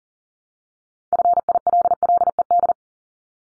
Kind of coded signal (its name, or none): Morse code